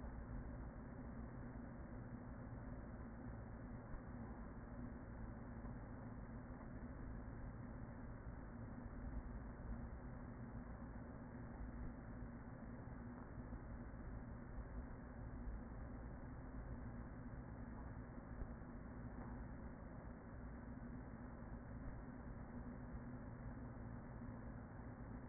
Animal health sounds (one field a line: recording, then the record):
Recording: honeybee colony, microphone inside the hive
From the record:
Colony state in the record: queen present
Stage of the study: after two queens were removed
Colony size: about 40,000 bees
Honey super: no